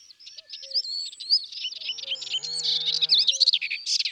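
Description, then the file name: Melodious warbler song, a rapid jumble of high chirps and twittering phrases, with a low droning harmonic sound briefly underneath and faint low paired notes. Recorded in the countryside. "Hypolais polyglotte Chants doiseaux dans la campagne"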